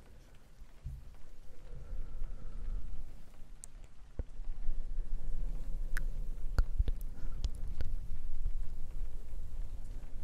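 Mic brushing makes a soft, low rumbling rustle that swells after the first second and stays fairly steady. Sharp, bright taps and clicks break through now and then, clustering in the second half, over a faint pattering like rain.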